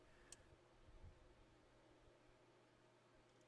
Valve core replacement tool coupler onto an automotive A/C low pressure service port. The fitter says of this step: snap a tool into place give it a turn to make sure it's seated correctly